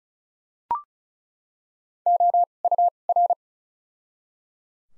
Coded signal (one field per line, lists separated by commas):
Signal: Morse code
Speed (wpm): 36 wpm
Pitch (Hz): 700 Hz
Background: none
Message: OUR